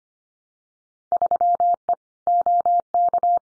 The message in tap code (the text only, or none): none